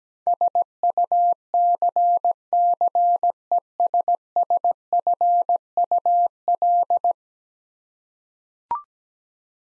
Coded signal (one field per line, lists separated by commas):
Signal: Morse code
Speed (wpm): 17 wpm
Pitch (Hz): 700 Hz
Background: none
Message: SUCCESSFUL